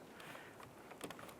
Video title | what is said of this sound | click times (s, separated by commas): How to Replace Driver Side Door Power Window Regulator 2006-2013 Chevrolet Impala | And we'll get that popped into place here. | 1.0 s